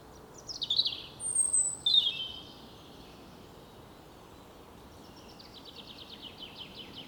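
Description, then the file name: European robin song: a burst of thin, high, warbled phrases early on, then a faint rapid twittering trill later, over a steady background hiss. "Erithacus rubecula"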